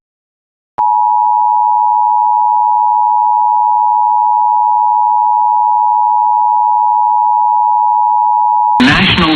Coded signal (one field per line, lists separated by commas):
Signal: Emergency Alert System (SAME) tones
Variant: 853 and 960 Hz attention tone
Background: speech